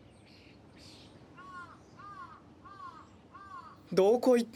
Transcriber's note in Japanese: カラスの鳴き声